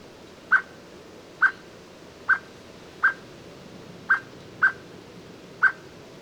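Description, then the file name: Common blackbird giving short, abrupt clucking notes, seven in about six seconds, spaced roughly a second apart, over a steady low background hiss. "Turdus merula"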